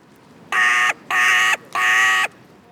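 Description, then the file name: Carrion crow calling: three harsh, rasping caws, each about half a second long, evenly spaced with short pauses between them. "Corvus corone"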